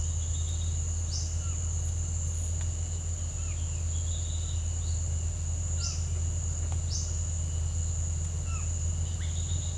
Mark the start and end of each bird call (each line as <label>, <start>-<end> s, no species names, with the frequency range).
bird call (3.3-4.3 kHz), 0.00-0.67 s
bird call (3.9-6.7 kHz), 1.08-1.42 s
bird call (2.1-4.9 kHz), 3.43-5.14 s
bird call (1.1-6.7 kHz), 5.74-6.04 s
bird call (3.8-6.8 kHz), 6.89-7.24 s
bird call (0.9-3.1 kHz), 8.36-8.75 s
bird call (2.9-4.3 kHz), 9.05-9.77 s